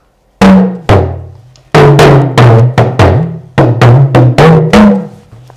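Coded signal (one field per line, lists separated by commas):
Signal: talking drum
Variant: Yoruba dùndún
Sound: about twelve resonant drum strokes with rising and falling pitch, in speech-like phrases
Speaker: so it means welcome hope your journey was fine and stress free we've been expecting you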